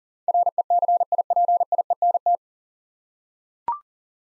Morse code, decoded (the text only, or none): RECIPIENT